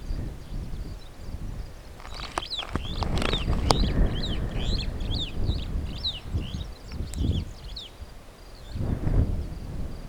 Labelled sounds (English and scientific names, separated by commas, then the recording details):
Superb Starling (Lamprotornis superbus) flight call
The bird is a female
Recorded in Kenya on 18 June 2010
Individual 37, of group DRT2